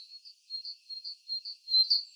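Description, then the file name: Great tit calling with high, clipped notes repeated steadily, growing a little louder near the close. "Parus major"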